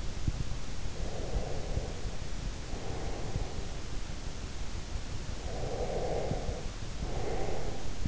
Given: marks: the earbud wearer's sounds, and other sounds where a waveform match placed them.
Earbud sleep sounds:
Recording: sounds in sleep by an in-ear microphone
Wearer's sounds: breath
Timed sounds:
0.77-4.00 s: breath
5.29-8.08 s: breath

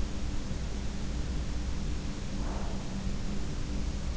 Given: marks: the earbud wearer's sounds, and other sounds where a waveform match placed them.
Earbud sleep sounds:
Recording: sounds in sleep by an in-ear microphone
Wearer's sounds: breath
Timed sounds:
2.15-3.19 s: breath

